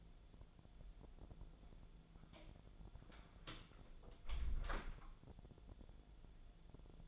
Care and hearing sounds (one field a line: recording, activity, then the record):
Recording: daily activity, microphone in the room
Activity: close door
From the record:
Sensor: 5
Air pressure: 1000.5 hPa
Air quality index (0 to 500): 155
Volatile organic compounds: 2 ppm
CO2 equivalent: 1194 ppm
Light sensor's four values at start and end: 47/111/46/49 and 47/111/46/49